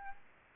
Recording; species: mosquito wingbeat signal from an infrared sensor; Aedes albopictus